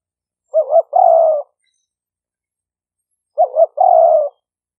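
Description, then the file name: Spotted dove cooing, a short wavering double note followed by a long steady hoarse coo, the phrase given twice about three seconds apart in clean silence. "5 hậu" call type. "tieng-cu-gay-5-hau"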